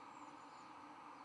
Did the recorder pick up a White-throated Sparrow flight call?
no